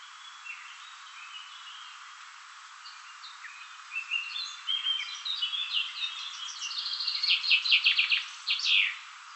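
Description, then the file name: Common chaffinch song starting partway through, a quickening run of notes and a loud trill ending in a flourish, after a few faint notes. "Fringilla coelebs"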